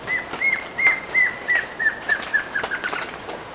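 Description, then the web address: Plain Antvireo song: a long series of whistled notes, slow at first, then faster and slightly lower, over a constant high insect drone. Recorded in Ecuador. "Birds of Ecuador 2. Plain Antvireo"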